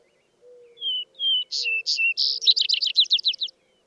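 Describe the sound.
Vesper sparrow song opening with paired slow whistles, then sharper higher notes and a long rapid jumbled trill, with faint low tones beneath.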